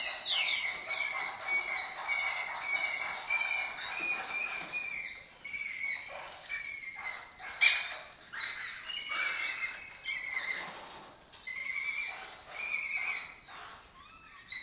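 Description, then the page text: Lesser kestrel chattering: rapid series of harsh, rasping notes in repeated bouts, with overlapping calls from several birds. Breeding colony occupying an abandoned building complex in Doñana, southern Europe; migratory raptor that forages in West Africa and breeds in southern Europe. "Lesser Kestrels Took Over an Abandoned Building - A migratory raptor wich spends its foraging time in West Africa and breeds in southern Europe. Here in Doñana"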